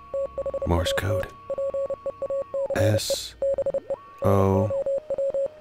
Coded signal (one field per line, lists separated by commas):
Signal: Morse code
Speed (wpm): 29 wpm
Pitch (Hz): 550 Hz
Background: speech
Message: THAT PEACE BE NOW